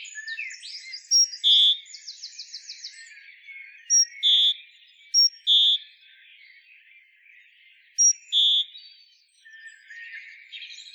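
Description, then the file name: Great tit calls: short paired notes, a thin high note followed by a longer clear lower one, repeated several times over soft chatter from other birds. "Parus major"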